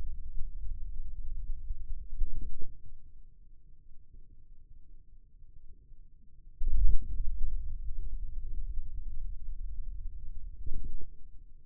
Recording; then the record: forearm muscle sounds (acoustic myography)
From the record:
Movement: radial deviation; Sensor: system 2, bracelet of six BSWA MPA416 microphones around the upper forearm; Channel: 2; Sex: male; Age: 22 years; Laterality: right